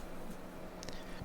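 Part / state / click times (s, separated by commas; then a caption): extruder mount bracket onto the printer's guide rail / seated / 0.8 s, 0.9 s. A snug-fitting extruder mount bracket on a Flashforge Adventurer 4 3D printer is pressed hard against the printer's guide rail. Two sharp, close snaps are heard at 0.8 and 0.9 seconds. The bracket snaps into place and is seated.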